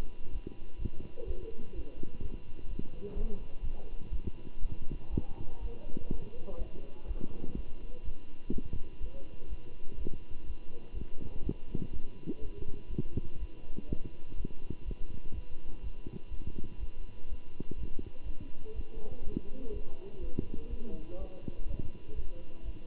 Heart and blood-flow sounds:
heart sounds by stethoscope; between the tricuspid and mitral areas; 124 bpm
0.31 s: heartbeat
0.78 s: heartbeat
1.26 s: heartbeat
1.74 s: heartbeat
2.22 s: heartbeat
2.69 s: heartbeat
3.16 s: heartbeat
3.63 s: heartbeat
4.11 s: heartbeat
4.61 s: heartbeat
5.10 s: heartbeat
5.60 s: heartbeat
6.09 s: heartbeat
6.57 s: heartbeat
7.06 s: heartbeat
7.55 s: heartbeat
8.03 s: heartbeat
8.52 s: heartbeat
9.00 s: heartbeat
9.48 s: heartbeat
9.97 s: heartbeat
10.45 s: heartbeat
10.93 s: heartbeat
11.42 s: heartbeat
11.92 s: heartbeat
12.41 s: heartbeat
12.89 s: heartbeat
13.38 s: heartbeat
13.88 s: heartbeat
14.36 s: heartbeat
14.84 s: heartbeat
15.33 s: heartbeat
15.82 s: heartbeat
16.30 s: heartbeat
16.79 s: heartbeat
17.28 s: heartbeat
17.76 s: heartbeat
18.25 s: heartbeat
18.74 s: heartbeat
19.23 s: heartbeat
19.72 s: heartbeat
20.20 s: heartbeat
20.69 s: heartbeat
21.18 s: heartbeat
21.66 s: heartbeat
22.14 s: heartbeat
22.63 s: heartbeat
From the record:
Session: Bruce protocol treadmill stress test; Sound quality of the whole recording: good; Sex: male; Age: 23 years

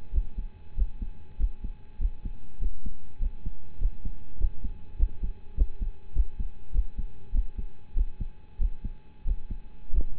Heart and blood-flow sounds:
heart sounds by stethoscope; between the tricuspid and mitral areas; 98 bpm
0.11 s: heartbeat
0.74 s: heartbeat
1.37 s: heartbeat
1.98 s: heartbeat
2.58 s: heartbeat
3.18 s: heartbeat
3.78 s: heartbeat
4.37 s: heartbeat
4.96 s: heartbeat
5.54 s: heartbeat
6.13 s: heartbeat
6.71 s: heartbeat
7.31 s: heartbeat
7.94 s: heartbeat
8.58 s: heartbeat
9.24 s: heartbeat
9.91 s: heartbeat
From the record:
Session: rest, lying down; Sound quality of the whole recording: partially saturated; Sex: male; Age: 25 years

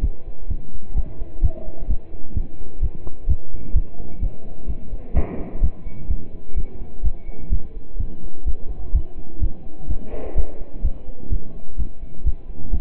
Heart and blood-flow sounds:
heart sounds by stethoscope; between the tricuspid and mitral areas; 128 bpm
0.03 s: heartbeat
0.50 s: heartbeat
0.96 s: heartbeat
1.43 s: heartbeat
1.89 s: heartbeat
2.36 s: heartbeat
2.82 s: heartbeat
3.28 s: heartbeat
3.75 s: heartbeat
4.22 s: heartbeat
4.69 s: heartbeat
5.15 s: heartbeat
5.62 s: heartbeat
6.10 s: heartbeat
6.57 s: heartbeat
7.04 s: heartbeat
7.52 s: heartbeat
7.99 s: heartbeat
8.47 s: heartbeat
8.94 s: heartbeat
9.42 s: heartbeat
9.89 s: heartbeat
10.37 s: heartbeat
10.84 s: heartbeat
11.32 s: heartbeat
11.79 s: heartbeat
12.26 s: heartbeat
12.73 s: heartbeat
From the record:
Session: pedaling a stationary bicycle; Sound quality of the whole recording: partially saturated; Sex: male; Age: 27 years

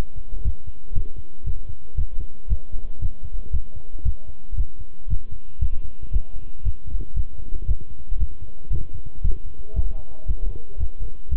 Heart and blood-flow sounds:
heart sounds by stethoscope; between the tricuspid and mitral areas; 116 bpm
0.44 s: heartbeat
0.95 s: heartbeat
1.46 s: heartbeat
1.97 s: heartbeat
2.50 s: heartbeat
3.01 s: heartbeat
3.53 s: heartbeat
4.05 s: heartbeat
4.57 s: heartbeat
5.10 s: heartbeat
5.61 s: heartbeat
6.13 s: heartbeat
6.65 s: heartbeat
7.16 s: heartbeat
7.67 s: heartbeat
8.20 s: heartbeat
8.72 s: heartbeat
9.23 s: heartbeat
9.76 s: heartbeat
10.28 s: heartbeat
10.79 s: heartbeat
11.31 s: heartbeat
From the record:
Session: walking at 3.7 km/h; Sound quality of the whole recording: good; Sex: male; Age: 25 years

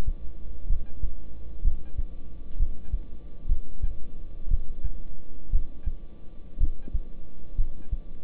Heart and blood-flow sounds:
heart sounds by stethoscope; between the tricuspid and mitral areas; 61 bpm
0.70 s: heartbeat
1.64 s: heartbeat
2.60 s: heartbeat
3.49 s: heartbeat
4.51 s: heartbeat
5.53 s: heartbeat
6.60 s: heartbeat
7.58 s: heartbeat
From the record:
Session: rest, lying down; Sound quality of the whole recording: good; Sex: male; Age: 26 years

